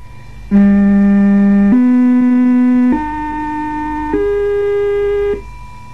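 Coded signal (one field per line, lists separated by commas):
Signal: numbers station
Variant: G08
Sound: four sustained buzzy organ-like notes rising step by step, an interval melody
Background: low radio hum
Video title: Zahlensender/Number Station "G08" (4 Note Rising Scale) DDR/GDR (1972)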